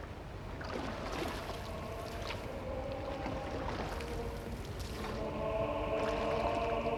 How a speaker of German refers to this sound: Jetzt steigen sie ins Boot. Sie stoßen ab.